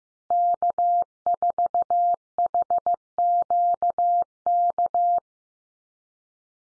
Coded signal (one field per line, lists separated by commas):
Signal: Morse code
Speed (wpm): 15 wpm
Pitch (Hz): 700 Hz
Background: none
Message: K4HQK